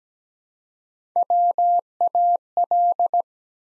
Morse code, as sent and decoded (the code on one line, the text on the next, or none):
.-- .- .-..
WAL